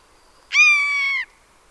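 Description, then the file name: Eurasian jay call: a single sustained, nasal mewing note lasting under a second, level in pitch and slightly dropping at the end. "Garrulus glandarius"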